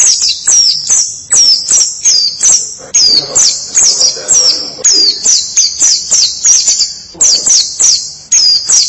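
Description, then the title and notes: White-eye song: loud, dense high chirping, with twittering phrases tumbling one after another almost without a break. "Kicauan Burung Pleci Durasi Panjang. Suara kicauan burung pleci"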